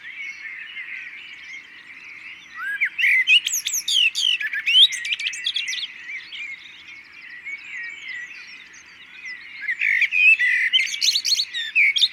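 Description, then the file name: Common blackbird, two clusters of rapid, squeaky calls with steep sweeps, one in the middle and one near the end, amid a continuous chorus of birds. "Turdus merula"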